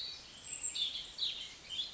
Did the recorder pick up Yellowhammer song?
no